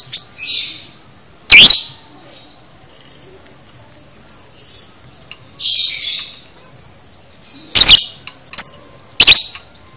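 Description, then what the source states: Lovebird chatter: bursts of shrill, squeaky high chirps separated by pauses, with several sharp, loud clicking notes cutting through. Lovebird konslet chatter, used to train birds to chatter.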